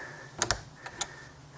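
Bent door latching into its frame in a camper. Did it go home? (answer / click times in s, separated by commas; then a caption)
no / none. A small camper door, bent by a child, is pushed closed into its frame and worked on, making a few sharp, brief knocks near 0.4, 0.5, 0.9 and 1.0 seconds. The latch does not catch, so nothing has clicked or seated yet.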